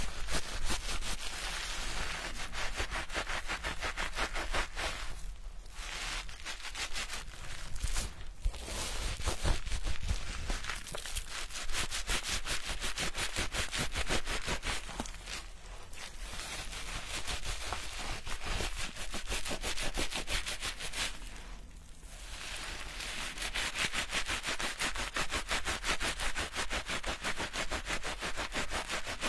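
Hair washing and scalp massage: a dense, steady crackle of lathered scrubbing fills the whole clip, bright and fizzy like rain on a surface. The rubbing pauses or thins briefly around 5, 8, 15 and 21 seconds before resuming.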